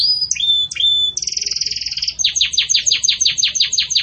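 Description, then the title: Canary song: two whistled notes, a fast rolling trill, then a regular run of bright descending notes repeated rapidly. Pure campainha song style with pauses, for training birds. "Canto Canário Belga Campainha Puro Com Pausa Para Treinamento"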